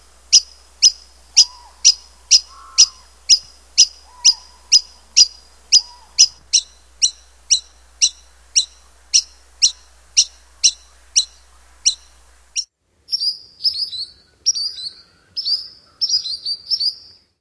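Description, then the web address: Solitary sandpiper calls: sharp, high whistled notes repeated about twice a second for twelve seconds, then a more varied series of squeaky notes. "Songs of Birds of North America Stokes. Solitary Sandpiper"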